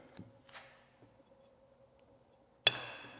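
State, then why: Seated. A Duramax turbo's turbine shaft wheel with its piston ring is slid into the bore of the turbo center housing, with a few faint taps early on. At 2.7 s a loud, sharp snap rings out and slowly fades as the ring compresses and the shaft seats in the center section.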